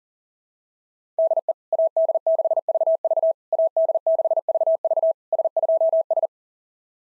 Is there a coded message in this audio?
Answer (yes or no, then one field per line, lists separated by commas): yes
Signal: Morse code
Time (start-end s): 1.2-6.3 s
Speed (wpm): 37 wpm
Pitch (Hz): 660 Hz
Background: none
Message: DE AD6VV AD6VV S2S